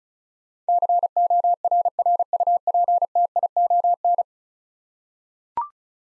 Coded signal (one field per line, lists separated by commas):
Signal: Morse code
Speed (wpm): 36 wpm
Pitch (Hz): 700 Hz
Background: none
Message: CORRUPTION